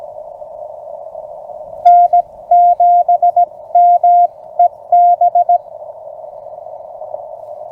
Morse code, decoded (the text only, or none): N7MEB